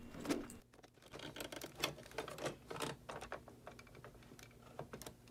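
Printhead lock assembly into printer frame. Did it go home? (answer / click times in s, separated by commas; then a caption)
no / none. A printhead lock assembly, with its small drive wheel and a new spring held by a rubber band, is handled and slid toward the printer frame. Light rattling and small knocks run throughout, with sharper taps at about 1.8 and 3.3 seconds. Nothing has seated or clicked into place yet.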